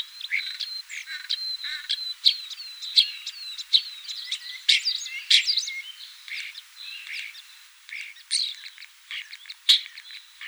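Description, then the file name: Common starling with a chattering song of looping whistles, clicks and short buzzy notes, delivered rapidly throughout. "Sturnus vulgaris"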